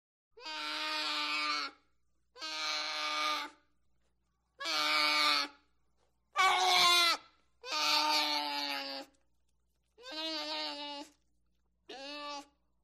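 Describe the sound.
American black bear cub moaning: seven drawn-out, nasal, bleat-like cries, each about a second long, separated by short silences, with one harsher, strained cry in the middle.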